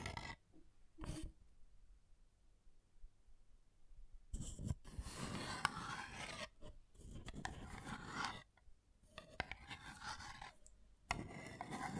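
Scratching and tracing sounds in rough, rasping bursts. A short stroke near the start and one near the one-second mark precede a quiet gap. Dense, gritty scraping then runs from about four to eight seconds, with further strokes after nine seconds and at eleven.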